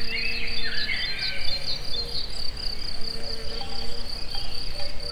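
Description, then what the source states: Cricket trilling in an even, pulsed high tone, with bird twitters early on, a faint low steady hum, and rumbling background noise. Recorded in nature at the forest edge near the Eger tourist house, among various animal sounds.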